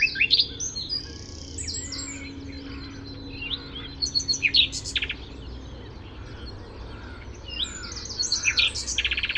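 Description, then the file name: Common nightingale song: loud clipped note groups and short trills in separate bursts, with quieter stretches between. "Luscinia megarhynchos"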